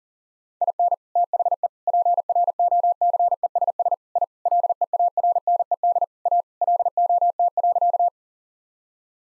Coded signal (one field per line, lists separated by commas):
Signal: Morse code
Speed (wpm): 40 wpm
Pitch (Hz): 700 Hz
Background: none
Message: IN THE PROCESS I LEARNED A LOT.